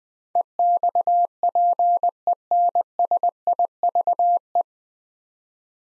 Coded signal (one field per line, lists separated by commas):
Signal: Morse code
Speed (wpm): 20 wpm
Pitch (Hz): 700 Hz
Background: none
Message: EXPENSIVE